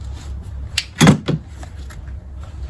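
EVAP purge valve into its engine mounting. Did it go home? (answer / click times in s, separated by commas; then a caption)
yes / 0.8 s. A replacement EVAP purge valve is pressed down by hand into its mounting on the 1.4 turbo engine of a 2016 Buick Encore. A sharp click at 0.8 s marks it snapping into place, followed by a louder clunk around 1.0 s and a softer knock near 1.3 s. The valve is seated.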